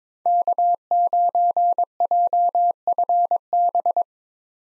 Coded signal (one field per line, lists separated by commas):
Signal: Morse code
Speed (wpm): 22 wpm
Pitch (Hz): 700 Hz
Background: none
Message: K9JFB